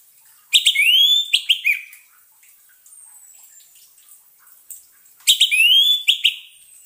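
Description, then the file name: Orange-headed thrush song: two bursts of rapid rising whistled upslurs and sharp notes, with a quiet gap holding a faint thin whistle between them. Indonesian lure sound (suara pancingan) of the orange-headed thrush, meant to keep the bird from being stressed. "suara pancingan burung anis merah agar tidak stress"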